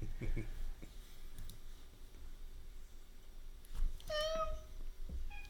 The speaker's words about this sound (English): Yeah, BB heard the kitties. All right. It's the Pran Funkles kitty cat.